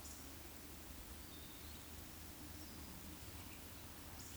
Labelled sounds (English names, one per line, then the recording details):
Eurasian Woodcock whistle
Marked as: whistle, whistle
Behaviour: display flight
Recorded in Baden-Württemberg, Germany, on 16 June 2021 at 19:58 UTC
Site 20675, 466 m above sea level